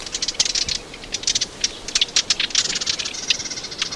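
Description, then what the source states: Lesser Whitethroat giving dry, high rattling and ticking notes in quick, uneven bursts over about four seconds, with no other clear sounds. Song described as rattling and chattering, sung loudly and self-confidently from hedges and bushes; bird just returned for the season, also gives chick and chack calls, leaves in September for thorn savanna.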